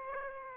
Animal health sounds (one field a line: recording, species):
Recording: mosquito wingbeat signal from an infrared sensor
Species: Aedes aegypti